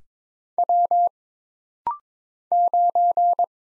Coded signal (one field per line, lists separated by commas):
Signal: Morse code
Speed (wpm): 22 wpm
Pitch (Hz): 700 Hz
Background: none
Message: W 9